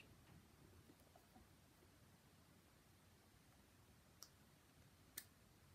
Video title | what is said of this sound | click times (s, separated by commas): Make up for every day by a blind girl | There we go, it's got a nice little click lid. | 5.2 s